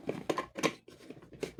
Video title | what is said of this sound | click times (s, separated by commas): DLU_26 MGA BUDOL NA NAMAN | Ayan. Yun, nag-lock na. | 0.3 s